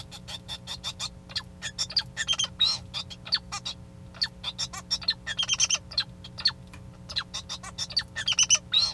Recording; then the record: song of a male Bengalese finch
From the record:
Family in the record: son of father 2